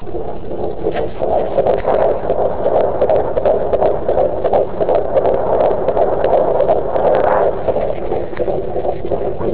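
Rapid whooshing pulse around 167 beats a minute, a fetal heartbeat on Doppler at 12 weeks of pregnancy.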